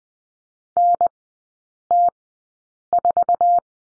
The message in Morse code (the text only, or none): NT4